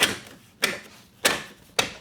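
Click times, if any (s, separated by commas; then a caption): 0.0 s, 0.6 s, 1.3 s, 1.8 s. Plastic grille retention tabs on a Jeep JLU are pushed with firm pressure into the vehicle's front-end retainers, working across after lining them up along the bottom. Four sharp snaps are heard at 0.0, 0.6, 1.3 and 1.8 seconds as the tabs seat one after another. The grille tabs are snapped in and seated.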